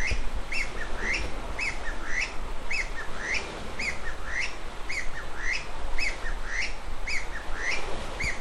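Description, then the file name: Chinese bamboo partridge giving a steady, rapid run of ringing upslurred notes over a low rumbling background. "kojyukei"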